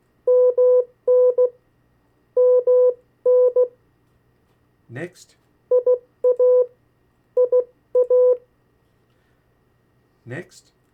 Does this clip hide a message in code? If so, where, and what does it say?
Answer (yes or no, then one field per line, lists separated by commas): yes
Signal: Morse code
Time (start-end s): 0.3-8.3 s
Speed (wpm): 16 wpm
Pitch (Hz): 500 Hz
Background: speech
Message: MN MN IA IA